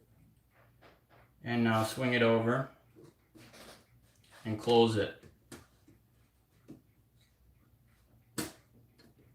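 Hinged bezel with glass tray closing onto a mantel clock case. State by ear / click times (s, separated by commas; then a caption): seated / 8.4 s. Someone talks while the hinged top bezel with its glass tray is swung over and closed onto a mantel clock case. A sharp click is heard at 8.4 seconds as the bezel door latches shut and is seated in place.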